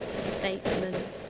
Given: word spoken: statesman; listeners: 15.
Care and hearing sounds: one English word in noise, from a listening test; noise modulated by three-talker babble; -3.5 dB; 2 of 15; 13 of 15; 0.90 s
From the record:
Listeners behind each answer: 13, 2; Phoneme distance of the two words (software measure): 14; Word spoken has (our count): 2 syllables, 8 phonemes, stress on syllable 1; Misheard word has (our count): 2 syllables, 8 phonemes, stress on syllable 1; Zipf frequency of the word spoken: 3.33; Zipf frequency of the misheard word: 4.75

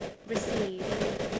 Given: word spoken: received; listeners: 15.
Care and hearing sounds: one English word in noise, from a listening test; noise modulated by three-talker babble; -6.2 dB; 3 of 15; 7 of 15; 1.00 s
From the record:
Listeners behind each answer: 7, 4, 3, 1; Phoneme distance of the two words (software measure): 7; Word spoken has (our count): 2 syllables, 6 phonemes, stress on syllable 2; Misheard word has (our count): 2 syllables, 5 phonemes, stress on syllable 2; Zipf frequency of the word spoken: 4.65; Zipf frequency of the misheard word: 4.42

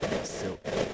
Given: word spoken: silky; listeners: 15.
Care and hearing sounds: one English word in noise, from a listening test; noise modulated by three-talker babble; -3.2 dB; 0 of 15; 14 of 15; 0.54 s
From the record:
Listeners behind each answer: 14, 1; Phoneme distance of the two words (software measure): 7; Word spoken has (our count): 2 syllables, 5 phonemes, stress on syllable 1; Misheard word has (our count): 1 syllable, 4 phonemes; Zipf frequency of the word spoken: 3.27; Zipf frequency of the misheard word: 4.00

